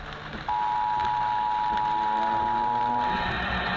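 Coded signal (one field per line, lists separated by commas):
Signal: Emergency Alert System (SAME) tones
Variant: 853 and 960 Hz attention tone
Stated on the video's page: SAME alert broadcast live, part of a compilation.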